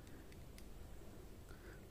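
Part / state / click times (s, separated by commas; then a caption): USB pen drive into the music player's USB port / seated / 0.3 s, 0.6 s. A small USB pen drive with a Samsung memory card slid inside it is pushed into the USB port of a Carvaan Mini portable music player. Two short, faint clicks sound at about 0.3 s and 0.6 s over a low, steady background hum. The pen drive is seated in the port.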